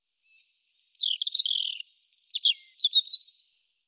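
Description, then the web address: European robin song phrase of high, thin, varied notes: a soft lead-in, a descending slurred warble, then sparkling chirps and a final short twitter. "cianscape birddata Deverinetal 2025 File cleaned normalized Bird Er Ru Er Ru 3"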